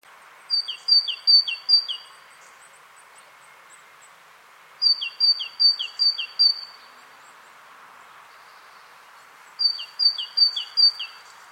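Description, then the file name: Great tit song in three bursts of four to five high-low two-note pairs, separated by pauses of a few seconds; faint background hiss. "Parus major"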